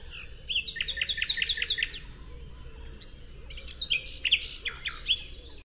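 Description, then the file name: Common nightingale delivering a rhythmic string of repeated chirping notes, a sharp note, then varied scattered phrases over constant low background noise. "Luscinia megarhynchos"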